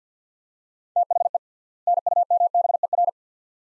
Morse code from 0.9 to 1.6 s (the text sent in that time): THE